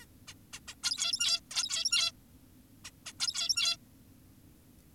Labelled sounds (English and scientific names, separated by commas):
Zebra Finch (Taeniopygia guttata)